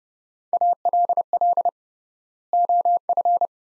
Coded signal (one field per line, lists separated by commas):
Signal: Morse code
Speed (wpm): 29 wpm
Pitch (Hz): 700 Hz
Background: none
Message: ALL OF